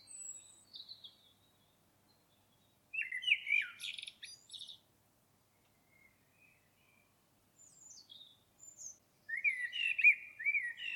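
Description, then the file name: Common blackbird singing: brief high squeaky notes, then a fluted phrase with a chattering high ending, a pause with thin wisps, and another warbled phrase. "Turdus merula"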